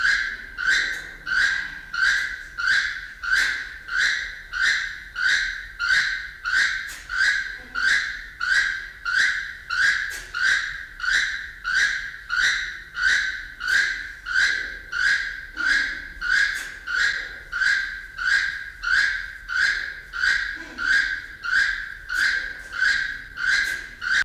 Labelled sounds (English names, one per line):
Keel-billed Toucan call